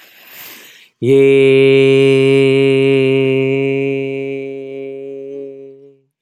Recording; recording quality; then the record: sustained vowel as in made; excellent, no background noise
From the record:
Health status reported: exposed to COVID-19, no respiratory illness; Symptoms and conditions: sore throat, muscle pain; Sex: male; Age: 35 years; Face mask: not worn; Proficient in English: yes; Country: United States